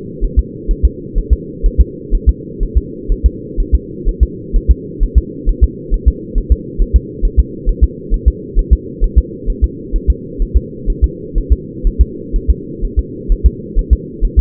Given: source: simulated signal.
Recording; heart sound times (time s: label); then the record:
fetal heart sounds
0.24 s: S1
0.39 s: S2
0.71 s: S1
0.85 s: S2
1.18 s: S1
1.33 s: S2
1.66 s: S1
1.81 s: S2
2.15 s: S1
2.29 s: S2
2.63 s: S1
2.77 s: S2
3.12 s: S1
3.26 s: S2
3.60 s: S1
3.75 s: S2
4.09 s: S1
4.23 s: S2
4.56 s: S1
4.71 s: S2
5.03 s: S1
5.18 s: S2
5.49 s: S1
5.63 s: S2
5.94 s: S1
6.08 s: S2
6.38 s: S1
6.52 s: S2
6.81 s: S1
6.96 s: S2
7.25 s: S1
7.40 s: S2
7.69 s: S1
7.84 s: S2
8.14 s: S1
8.28 s: S2
8.59 s: S1
8.73 s: S2
9.04 s: S1
9.18 s: S2
9.50 s: S1
9.64 s: S2
9.96 s: S1
10.10 s: S2
10.42 s: S1
10.56 s: S2
10.90 s: S1
11.04 s: S2
11.38 s: S1
11.52 s: S2
11.87 s: S1
12.01 s: S2
12.36 s: S1
12.50 s: S2
12.84 s: S1
12.99 s: S2
13.32 s: S1
13.46 s: S2
13.79 s: S1
13.93 s: S2
14.25 s: S1
14.39 s: S2
From the record:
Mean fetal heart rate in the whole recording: 130 bpm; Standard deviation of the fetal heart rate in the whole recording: 4 bpm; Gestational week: 38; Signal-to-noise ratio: -4.1 dB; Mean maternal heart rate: no maternal heart sound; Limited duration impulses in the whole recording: absent